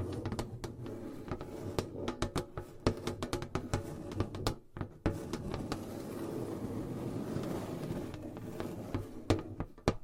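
Gentle tapping and scratching: quick, crisp taps come in irregular bursts through the first five seconds, with a brief pause near 4.5 seconds. After that a soft, steady scratching takes over, and scattered taps return near the end over a low, murmuring undertone.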